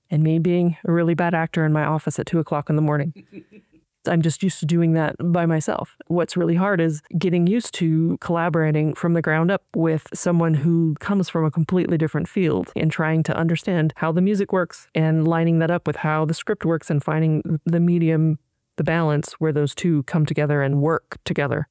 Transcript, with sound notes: and me being a really bad actor in my office at two o’clock in the morning. (Chuckles) I’m just used to doing that by myself. What’s really hard is getting used to collaborating from the ground up with someone who comes from a completely different field, and trying to understand how the music works, and lining that up with how the script works, and finding the medium, the balance where those two come together and work together.